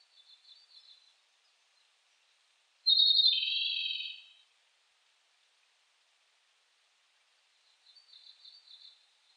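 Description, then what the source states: Japanese robin song with a loud rapid rattling trill after a whistled start, bracketed by quieter high trilled phrases before and after. Recorded 18 July 2004.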